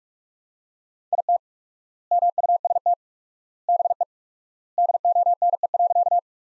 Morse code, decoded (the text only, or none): IT MUST BE DONE.